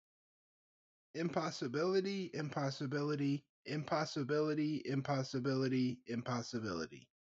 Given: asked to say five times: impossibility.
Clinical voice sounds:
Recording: repeated word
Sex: male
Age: 30 to 39 years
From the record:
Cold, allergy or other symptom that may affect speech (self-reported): no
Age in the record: 34 years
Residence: Massachusetts, United States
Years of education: 12

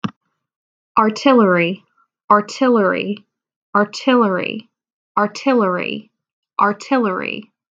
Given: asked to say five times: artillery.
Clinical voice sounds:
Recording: repeated word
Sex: female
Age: 20 to 29 years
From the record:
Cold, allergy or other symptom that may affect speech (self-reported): no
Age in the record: 24 years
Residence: Florida, United States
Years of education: 17

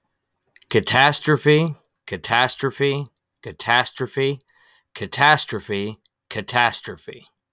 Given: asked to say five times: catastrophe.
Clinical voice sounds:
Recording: repeated word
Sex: male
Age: 30 to 39 years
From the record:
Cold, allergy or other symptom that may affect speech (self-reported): no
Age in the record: 34 years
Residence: Ohio, United States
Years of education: 15

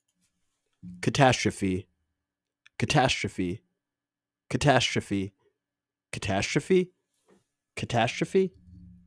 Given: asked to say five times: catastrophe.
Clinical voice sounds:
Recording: repeated word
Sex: male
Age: 30 to 39 years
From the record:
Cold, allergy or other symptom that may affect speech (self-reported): no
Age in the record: 31 years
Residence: Wisconsin, United States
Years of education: 15

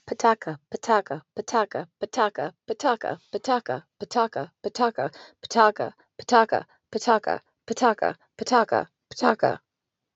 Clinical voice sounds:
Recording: repeated syllables /pa ta ka/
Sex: female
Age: 40 to 49 years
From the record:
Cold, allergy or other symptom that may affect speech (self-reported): no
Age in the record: 46 years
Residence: California, United States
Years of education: 14

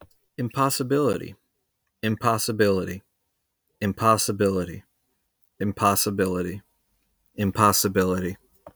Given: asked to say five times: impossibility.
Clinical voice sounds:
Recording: repeated word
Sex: male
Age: 20 to 29 years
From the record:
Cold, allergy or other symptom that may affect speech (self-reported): no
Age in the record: 29 years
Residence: New York, United States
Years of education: 16

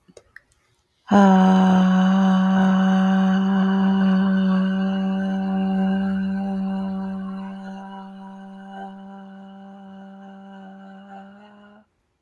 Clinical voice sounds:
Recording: vowel held as long as possible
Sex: female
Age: 30 to 39 years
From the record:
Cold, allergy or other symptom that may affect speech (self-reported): no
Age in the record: 35 years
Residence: Washington, United States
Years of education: 16

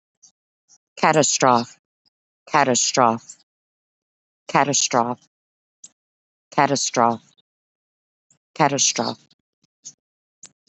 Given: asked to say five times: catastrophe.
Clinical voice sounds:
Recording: repeated word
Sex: female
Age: 50 to 59 years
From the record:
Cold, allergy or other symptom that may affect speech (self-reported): no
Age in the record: 51 years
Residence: United States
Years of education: 12

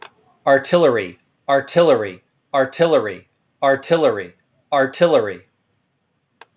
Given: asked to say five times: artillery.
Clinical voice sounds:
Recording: repeated word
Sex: male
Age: 40 to 49 years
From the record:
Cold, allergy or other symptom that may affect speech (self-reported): no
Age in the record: 43 years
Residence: California, United States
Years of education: 24

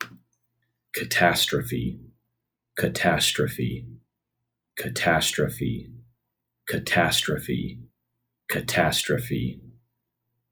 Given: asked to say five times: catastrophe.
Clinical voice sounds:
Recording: repeated word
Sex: male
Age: 30 to 39 years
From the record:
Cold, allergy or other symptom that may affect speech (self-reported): no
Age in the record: 33 years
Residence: Missouri, United States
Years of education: 16

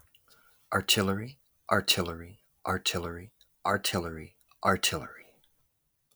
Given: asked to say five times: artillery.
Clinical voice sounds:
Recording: repeated word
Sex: male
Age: 30 to 39 years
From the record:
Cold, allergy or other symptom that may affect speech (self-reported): no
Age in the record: 32 years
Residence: Tennessee, United States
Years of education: 14

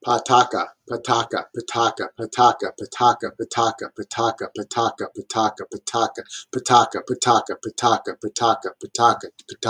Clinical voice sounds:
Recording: repeated syllables /pa ta ka/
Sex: male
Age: 30 to 39 years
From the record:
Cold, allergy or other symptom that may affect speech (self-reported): no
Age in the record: 39 years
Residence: New Jersey, United States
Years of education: 16

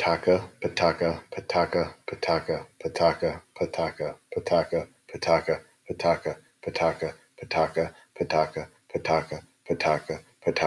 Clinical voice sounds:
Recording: repeated syllables /pa ta ka/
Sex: male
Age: 40 to 49 years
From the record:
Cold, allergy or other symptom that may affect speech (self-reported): no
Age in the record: 41 years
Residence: Arizona, United States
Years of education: 17

